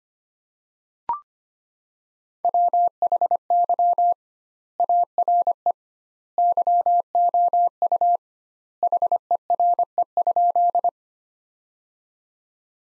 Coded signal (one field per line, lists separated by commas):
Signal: Morse code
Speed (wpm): 25 wpm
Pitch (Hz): 700 Hz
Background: none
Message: WHY ARE YOU HERE?